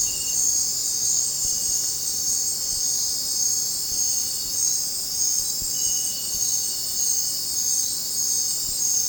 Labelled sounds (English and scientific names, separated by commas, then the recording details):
none
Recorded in dense forest near Puerto Asís, Putumayo, Colombia, on 21 December 2024 at 19:30
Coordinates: 0.466, -76.327
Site G075